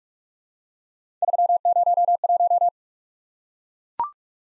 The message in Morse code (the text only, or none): 301